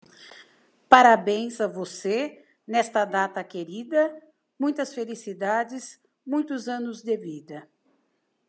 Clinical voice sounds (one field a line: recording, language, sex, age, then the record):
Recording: short text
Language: Brazilian Portuguese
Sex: female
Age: 60 to 69 years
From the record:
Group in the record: control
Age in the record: 60 years